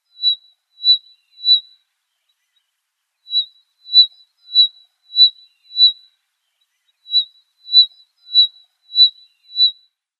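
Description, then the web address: Cricket longtail chirping, single clean high-pitched pulses repeated about every half second in runs of three to five, separated by short pauses. "Schulze Peter Cricket Longtail song"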